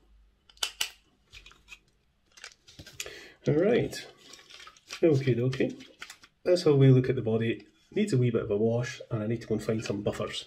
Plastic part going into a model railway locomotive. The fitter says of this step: should pop into place